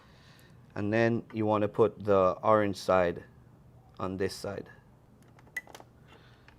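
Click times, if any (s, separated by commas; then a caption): 5.6 s. Someone talks, then the orange end of a radio (APIM) extension cable is pushed into its mating plastic connector on the module's socket. A sharp click at 5.6 s marks the connector snapping into place, seated, followed by a few faint ticks.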